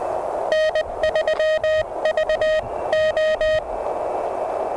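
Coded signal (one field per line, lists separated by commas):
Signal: Morse code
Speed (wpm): 20 wpm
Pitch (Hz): 1850 Hz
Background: radio noise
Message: N3VO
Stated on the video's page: CW POTA activation with a (tr)uSDX transceiver; high output volume and noise floor.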